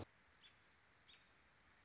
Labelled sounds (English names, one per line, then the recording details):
American Robin
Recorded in Sonoma County, California